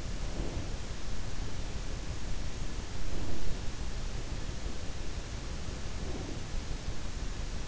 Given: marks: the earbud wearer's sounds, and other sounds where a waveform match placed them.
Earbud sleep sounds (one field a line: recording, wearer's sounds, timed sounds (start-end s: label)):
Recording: sounds in sleep by an in-ear microphone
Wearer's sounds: breath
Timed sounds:
0.29-0.81 s: breath
3.02-3.67 s: breath
5.81-6.46 s: breath